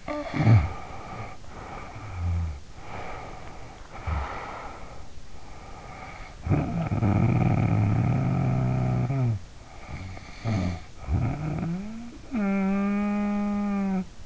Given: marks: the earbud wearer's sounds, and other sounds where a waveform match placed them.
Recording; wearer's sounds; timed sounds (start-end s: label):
sounds in sleep by an in-ear microphone; snoring breath
0.00-2.73 s: snoring breath
2.87-5.27 s: snoring breath
5.39-9.58 s: snoring breath
9.70-14.26 s: snoring breath